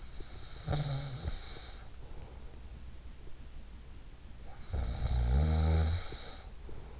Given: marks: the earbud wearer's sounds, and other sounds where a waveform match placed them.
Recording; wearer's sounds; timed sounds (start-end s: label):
sounds in sleep by an in-ear microphone; snoring breath
0.39-2.42 s: snoring breath
4.75-7.00 s: snoring breath